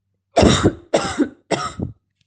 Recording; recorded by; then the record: voluntary cough; messaging app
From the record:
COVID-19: negative